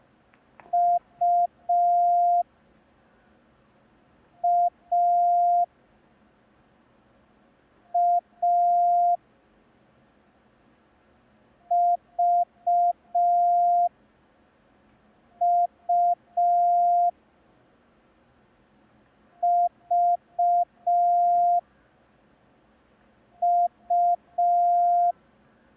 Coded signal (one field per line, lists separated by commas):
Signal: Morse code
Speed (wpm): 5 wpm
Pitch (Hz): 700 Hz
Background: none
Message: U A A V U V U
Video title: Learn Morse Code in 10 Days (Day 1) – ASOC Tutorials India